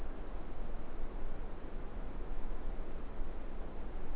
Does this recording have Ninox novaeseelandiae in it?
no